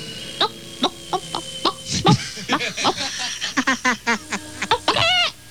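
A series of short, clipped clucks in an uneven rhythm, rising into a louder, higher squawk at the end, like a hen clucking. A brief voice cuts in partway through.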